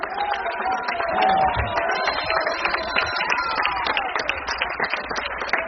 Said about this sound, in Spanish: Ese aplauso para el alto hombre, hermano.